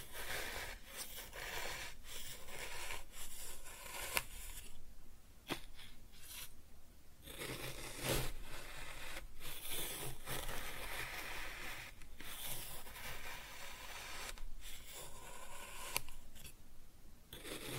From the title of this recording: Kinetic Sand Cutting and Scooping Sounds